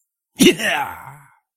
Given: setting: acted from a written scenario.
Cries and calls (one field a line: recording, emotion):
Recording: vocal sound without words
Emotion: triumph